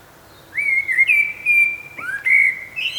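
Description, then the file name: Common blackbird giving loud, sustained whistled notes with sharp slurs between them, one after another, over a quiet background. "Turdus merula"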